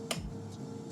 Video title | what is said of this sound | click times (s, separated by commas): How do you load a Bolex 16mm - Temple University Film and Media Arts Equipment Office | I'll click into place like that. | 0.1 s